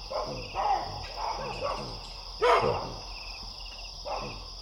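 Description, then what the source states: Baboon alarm barks: several softer barks, then one loud harsh bark and a final weaker one, with crickets trilling throughout. Baboons roosting in a big tree at nightfall, sensing a distant predator and sounding the alarm; Wassadou, Niokolo Koba National Park, Eastern Senegal, West Africa; 13 November 2017.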